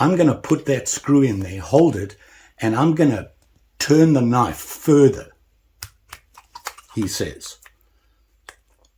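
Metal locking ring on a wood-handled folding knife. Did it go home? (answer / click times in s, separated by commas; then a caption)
released / 8.5 s. Someone talks while the metal locking ring (ferrule) of a wood-handled folding knife is turned to the lock position, a screw is held in the slot, and the knife is turned further. A series of small sharp handling clicks follows after the talking. At 8.5 s a distinct click is heard as the ring pops free of the wood handle and is released.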